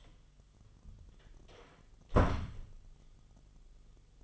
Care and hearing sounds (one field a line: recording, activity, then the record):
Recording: daily activity, microphone in the room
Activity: close door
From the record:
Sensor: 4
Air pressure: 1005.9 hPa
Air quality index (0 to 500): 78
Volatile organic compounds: 1 ppm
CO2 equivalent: 951 ppm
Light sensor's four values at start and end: 13/29/11/11 and 13/30/12/11